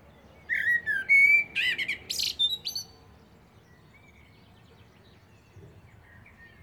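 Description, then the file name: Common blackbird delivering a single rich, fluted warbling phrase that breaks into high, strained twittering notes, then falls silent for several seconds. "Turdus merula"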